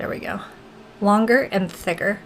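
A longer, thicker needle is being fitted onto a plastic syringe or injector after the first needle was removed. Someone talks throughout, and the needle has not snapped or clicked into place yet.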